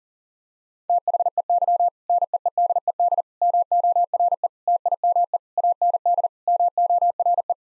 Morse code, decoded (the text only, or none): THEY NEEDED MORE TIME AND MORE